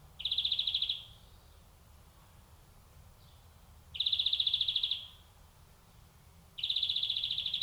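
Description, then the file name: European greenfinch giving three even, buzzy wheezes, each about a second long, a few seconds apart. "Chloris chloris"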